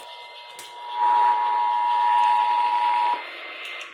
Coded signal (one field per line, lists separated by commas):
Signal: Emergency Alert System (SAME) tones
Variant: 853 and 960 Hz attention tone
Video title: MONTGOMERY COUNTY... EAS Alerts From 5/8/24 5/9/24 (EAS#1,034 - #1,058)